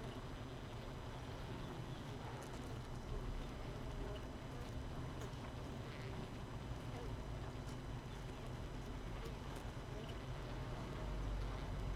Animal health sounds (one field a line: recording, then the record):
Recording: honeybee colony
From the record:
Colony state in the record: missing queen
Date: 31 May 2018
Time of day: 6:38